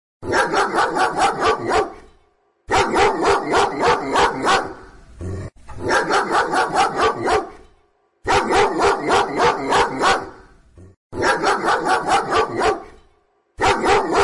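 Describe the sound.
Dog barking in rapid series of loud barks, bursts of about two seconds separated by short silent gaps, repeated throughout.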